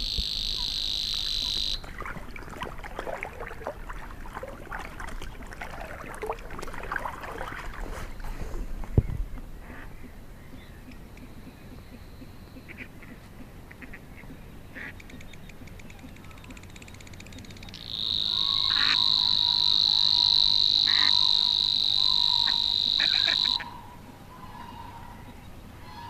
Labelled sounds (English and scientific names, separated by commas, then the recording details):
Savi's Warbler (Locustella luscinioides)
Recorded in the wild
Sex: male
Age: adult
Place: Warsow, Kummerower See, Mecklenburg-Vorpommern, DE
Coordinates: 53.8358, 12.8406
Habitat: wetland
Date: 2013-05-23
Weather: cloudy, weak wind, 15°C
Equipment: Sound Devices 702, Sennheiser MKH 70, Rycote Windschutz
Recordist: Frommolt, Karl-Heinz